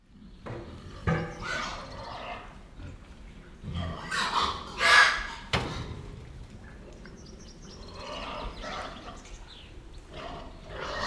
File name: pigs squeal fight shed 15 metres distance